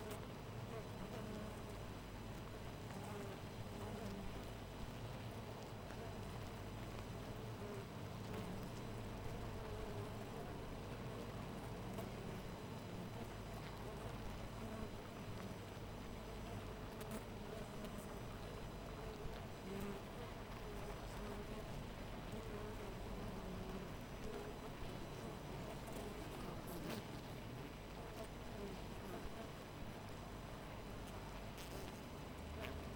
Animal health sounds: honeybee colony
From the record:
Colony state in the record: missing queen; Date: 14 July 2017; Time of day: 4:31

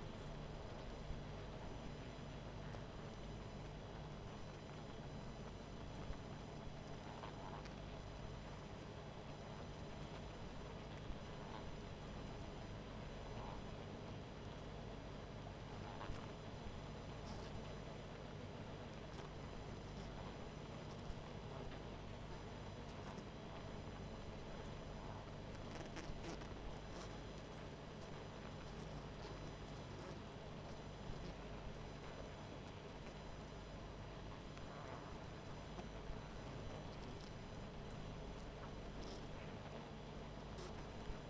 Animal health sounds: honeybee colony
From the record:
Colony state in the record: missing queen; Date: 14 July 2017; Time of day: 19:55

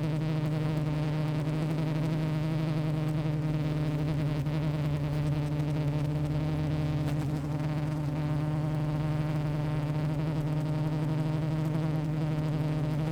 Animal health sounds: honeybee colony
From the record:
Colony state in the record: active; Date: 28 July 2017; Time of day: 15:08

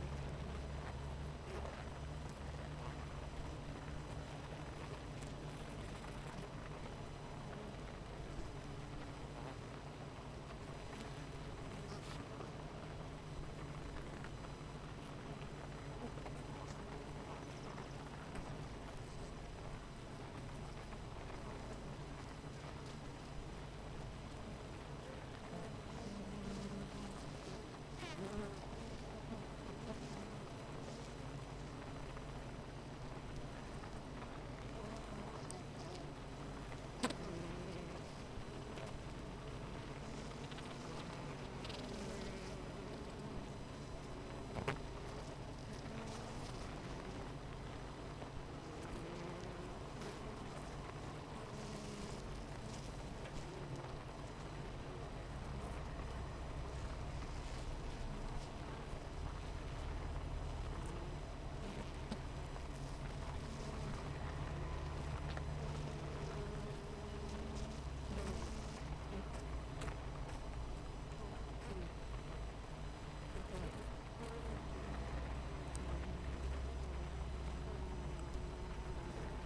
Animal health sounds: honeybee colony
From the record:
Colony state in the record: missing queen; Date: 14 July 2017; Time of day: 8:57

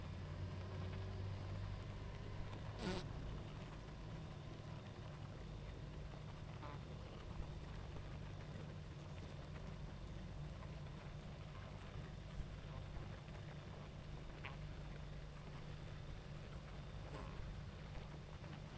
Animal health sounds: honeybee colony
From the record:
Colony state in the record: active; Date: 28 July 2017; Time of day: 20:20

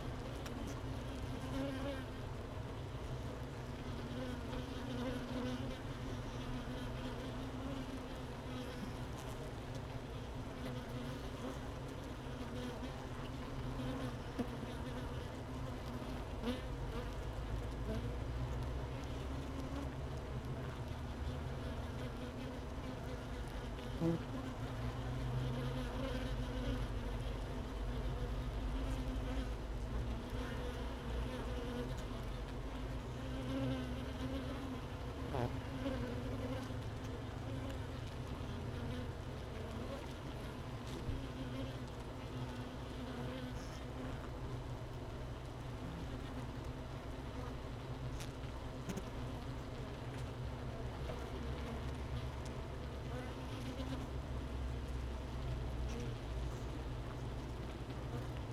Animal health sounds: honeybee colony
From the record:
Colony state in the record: missing queen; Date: 31 May 2018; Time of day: 13:28

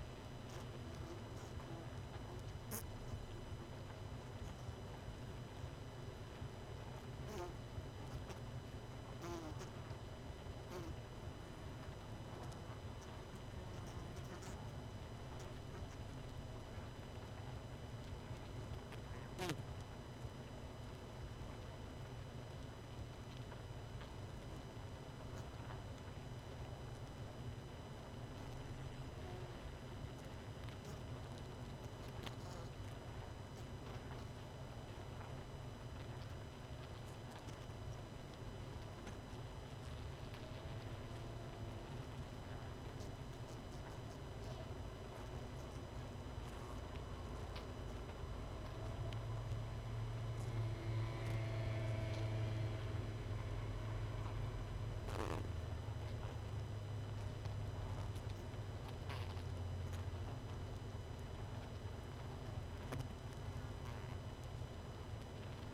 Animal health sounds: honeybee colony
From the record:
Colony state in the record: missing queen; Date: 31 May 2018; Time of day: 21:02

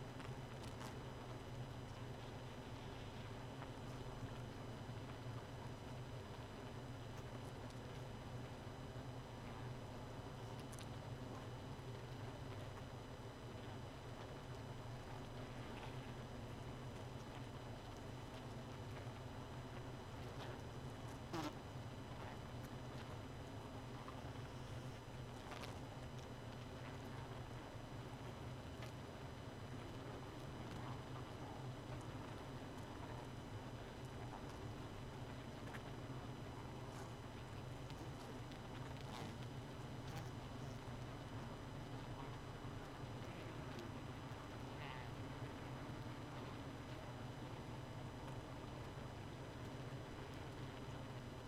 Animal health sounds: honeybee colony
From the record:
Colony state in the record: missing queen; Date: 31 May 2018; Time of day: 2:26

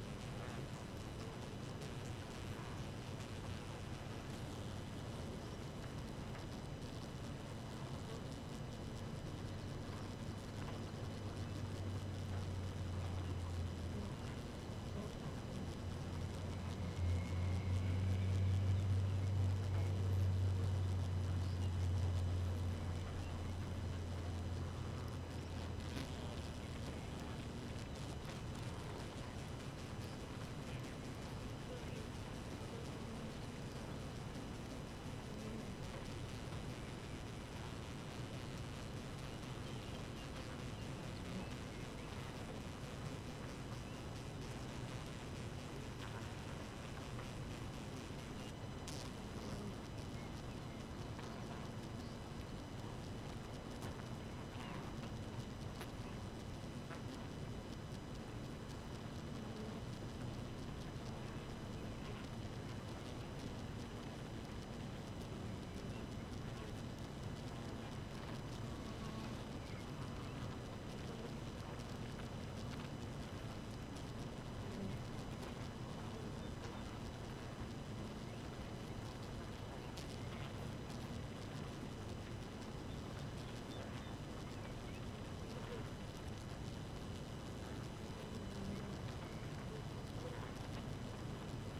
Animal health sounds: honeybee colony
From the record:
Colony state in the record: active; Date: 12 June 2018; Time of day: 4:34

